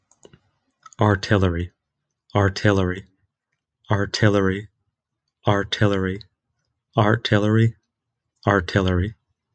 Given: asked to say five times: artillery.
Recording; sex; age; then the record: repeated word; male; 20 to 29 years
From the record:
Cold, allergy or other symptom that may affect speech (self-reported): no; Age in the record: 29 years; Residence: Florida, United States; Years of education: 18